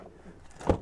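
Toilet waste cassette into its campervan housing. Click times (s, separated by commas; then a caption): 0.7 s. A toilet waste cassette is pushed back into its bay in the wall of an Auto-Sleepers Bourton campervan, with a soft low shuffling before a sharp click with a low thud at 0.7 s. The yellow plastic retaining lever clicks into place and the cassette is seated.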